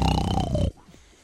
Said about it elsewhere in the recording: And it's always snoring. By the time she gets there, I'm just getting into that real early deep sleep. And my body officially relaxes.